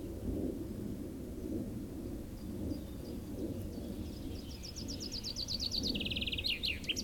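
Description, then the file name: Common chaffinch phrase near the end: a quick series of bright notes descending, then a buzzy rattle and a brief flourish, with constant low background rumble. "Fringilla coelebs"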